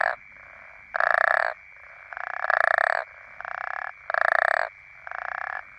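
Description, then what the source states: African common toad: pulsed, grating croaks from African common toads, a louder and a quieter caller trading calls, with a continuous high-pitched drone in the background. Several African common toads calling.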